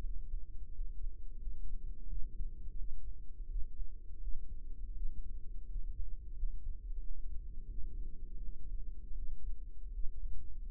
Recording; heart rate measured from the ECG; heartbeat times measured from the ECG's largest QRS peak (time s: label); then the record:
heart sounds by microphone in the right ear; 84 bpm
0.70 s: heartbeat
1.37 s: heartbeat
2.06 s: heartbeat
2.75 s: heartbeat
3.46 s: heartbeat
4.18 s: heartbeat
4.92 s: heartbeat
5.65 s: heartbeat
6.32 s: heartbeat
6.98 s: heartbeat
7.66 s: heartbeat
8.38 s: heartbeat
9.13 s: heartbeat
9.90 s: heartbeat
10.67 s: heartbeat
From the record:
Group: healthy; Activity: rest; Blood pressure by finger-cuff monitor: 102/61 mmHg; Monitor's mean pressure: 74 mmHg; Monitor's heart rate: 84 bpm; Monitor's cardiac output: 6.8 L/min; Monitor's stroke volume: 81 mL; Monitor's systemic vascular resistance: 770 dyn s/cm5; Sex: female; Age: 26 years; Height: 165 cm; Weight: 55 kg